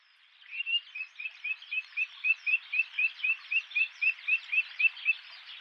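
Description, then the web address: Grey-tailed tattler calls: a fast, steady series of short, high, rising whistled notes, about four each second, over a faint busy background of other high calls. Recorded at Tatsuno on 15 May 2014. "koe kiashi 140515 tatsuno kuroda"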